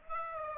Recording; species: mosquito wingbeat signal from an infrared sensor; Aedes aegypti